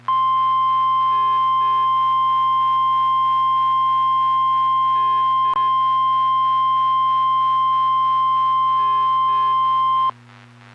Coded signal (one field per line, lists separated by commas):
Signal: Emergency Alert System (SAME) tones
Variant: 1050 Hz attention tone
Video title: EAS Alert #5: Severe Thunderstorm Warning (4/19/15)